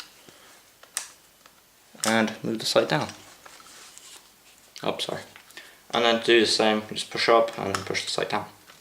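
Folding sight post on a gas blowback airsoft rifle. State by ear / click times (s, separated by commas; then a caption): not seated / none. Someone talks while handling the folding front sight post on a Cyber Gun SCAR-H gas blowback airsoft rifle, pulling up its knob to push the post upright. Faint, short handling ticks are heard around 1.0, 3.5 and 4.0 s between the talking. The sight post has not clicked into place yet.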